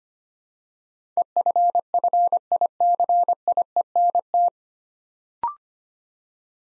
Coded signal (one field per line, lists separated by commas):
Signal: Morse code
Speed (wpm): 25 wpm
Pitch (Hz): 700 Hz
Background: none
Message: EFFICIENT